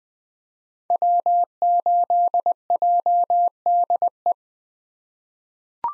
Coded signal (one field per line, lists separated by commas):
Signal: Morse code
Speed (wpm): 20 wpm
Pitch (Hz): 700 Hz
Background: none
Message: W8JDE